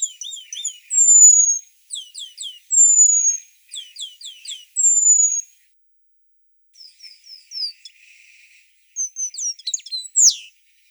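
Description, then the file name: Eurasian penduline tit with long, thin, falling whistles alternating with quick trilled chirp series, a brief pause midway, then more chirps and a final sharp downslurred note. "Remiz pendulinus"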